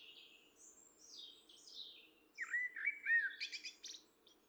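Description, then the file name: Common blackbird: faint high twittering at first, then a louder mellow warbled phrase ending in several scratchy, high-pitched notes. "Turdus merula"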